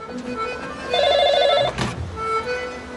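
A telephone rings with a rapid, warbling electronic trill, one loud burst lasting under a second, followed by a brief clatter and faint background murmur.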